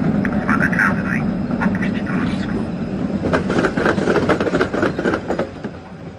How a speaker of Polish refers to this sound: Na torowisku tramwajowym są umieszczone paski diody LED i wraz ze zbliżającym się tramwajem zmieniają swój kolor na czerwony. Także odzywa się z głośnika głos, który mówi o tym, że nadjeżdża tramwaj.